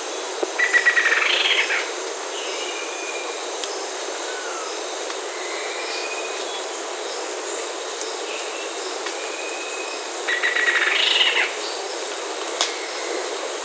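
Bird calls: two bursts of harsh, chattering notes near the start and end, with short thin whistles in between, over steady hiss.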